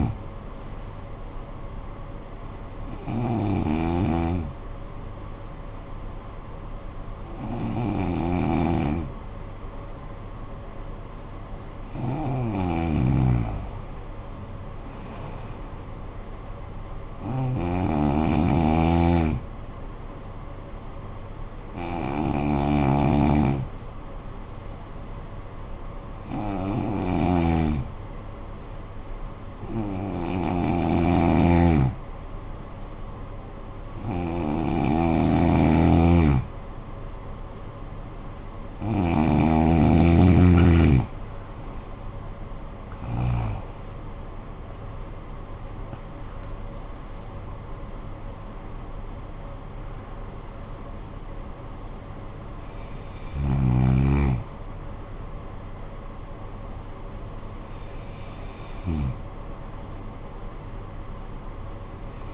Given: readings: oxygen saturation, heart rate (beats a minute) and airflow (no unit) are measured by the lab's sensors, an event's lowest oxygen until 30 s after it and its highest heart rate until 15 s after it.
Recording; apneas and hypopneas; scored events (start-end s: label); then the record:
breathing in sleep by a smartphone at the bedside; 2
3.00-13.40 s: hypopnea (N2, oxygen 94% highest, then 89% lowest, heart rate 50 at the start, 59 highest)
22.00-36.60 s: hypopnea (N2, oxygen 93% highest, then 88% lowest, heart rate 57 at the start, 80 highest)
34.00-62.33 s: new sleep stage, N1 (lightest sleep)
From the record:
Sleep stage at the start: N2 (light sleep); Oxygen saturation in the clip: 88 to 95%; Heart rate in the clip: 50 to 80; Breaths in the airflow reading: 14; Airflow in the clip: -11.9 to 13.2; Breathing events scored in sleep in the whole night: 445 in 7.6 hours asleep